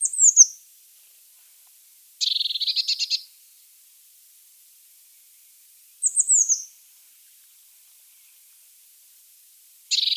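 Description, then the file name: Eurasian blue tit calls, high descending thin notes alternating with lower rapid buzzy churring scolds, four phrases in quiet surroundings. "Cyanistes caeruleus"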